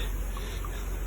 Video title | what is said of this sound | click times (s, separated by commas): 2011 Smart Car front brake pad replacement - Part 7 | until it snaps into place. | 0.6 s